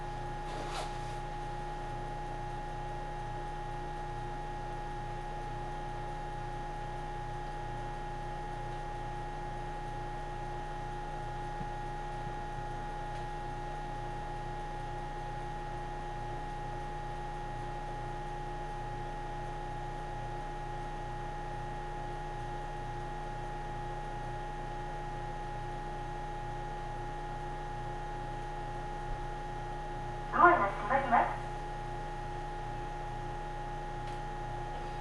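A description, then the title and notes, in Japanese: A ride on the Ohmi Railway line from Yokaichi toward Kibukawa: a steady low rumble and drone with several sustained humming tones that hardly change. A short sharp sound comes at the very start, and a brief burst of clattering knocks arrives around thirty seconds. 耳で楽しむ鉄道旅 水口・蒲生野線 八日市→貴生川。近江鉄道の南部を走る路線、水口を通りながら貴生川へと抜けていきます。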